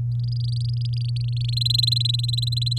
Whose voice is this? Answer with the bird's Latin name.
Serinus canaria